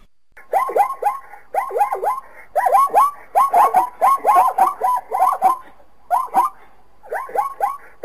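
Zebra call: repeated groups of quick yelping notes that rise and fall in pitch, with brief gaps between the groups.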